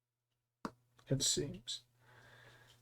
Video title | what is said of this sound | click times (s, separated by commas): Building My Wedding Watch! | Okay, I heard a click, so that's gotta be set. | 0.7 s